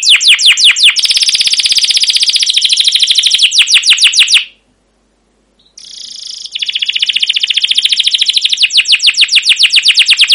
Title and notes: CUIT CUIT NGEROL GACOR PANJANG Kenari Pancingan KENAR. PANCINGAN Kenari GACOR PANJANG Cuit CUIT EMOSI MASTERAN Kenari PAUD belajar BUNYI. burung kenari